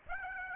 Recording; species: mosquito wingbeat signal from an infrared sensor; Aedes aegypti